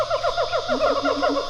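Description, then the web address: Siamang giving a rapid run of short descending hoots, joined midway by a lower steady tone. Pair call of siamangs, recorded in stereo. "Sound Effects-Foundation. Animal Gibbon Siamang pair call"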